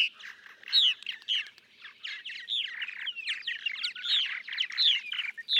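Purple martin song: a continuous stream of gurgling, croaking chirps and liquid warbles, with a few brighter squeaky notes rising above the chatter.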